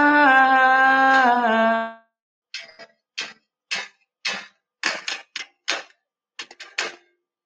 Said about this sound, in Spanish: muchas gracias. Espero que les haya gustado. Gracias, gracias por ese aplauso.